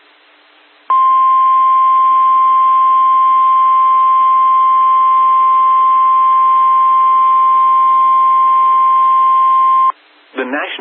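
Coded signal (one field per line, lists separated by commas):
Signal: Emergency Alert System (SAME) tones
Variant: 1050 Hz attention tone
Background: speech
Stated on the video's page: Personally captured real EAS alerts.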